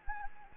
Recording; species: mosquito wingbeat signal from an infrared sensor; Anopheles gambiae